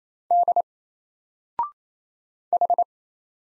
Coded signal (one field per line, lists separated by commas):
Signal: Morse code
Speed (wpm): 27 wpm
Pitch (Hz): 700 Hz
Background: none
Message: D H